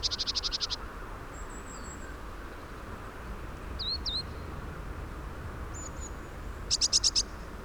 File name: Cyanistes caeruleus